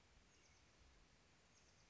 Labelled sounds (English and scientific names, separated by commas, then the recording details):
Oak Titmouse (Baeolophus inornatus)
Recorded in Sonoma County, California